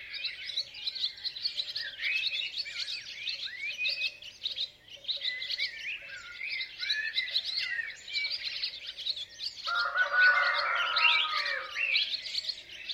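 Rooster crowing, one drawn-out crow near the end lasting about two seconds, over a constant busy chorus of high chirping small birds.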